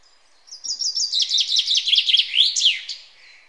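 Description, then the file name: Common chaffinch sings a rapid, descending series of bright notes that tightens into a trill and finishes with a swooping flourish over light background noise. "Fringilla coelebs"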